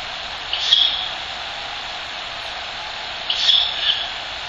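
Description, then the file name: Ural owl chick giving two harsh, hissing rasps about three seconds apart, each a short breathy burst of noise. Chick; recorded 19 December 2005. "フクロウ雛 2005121900"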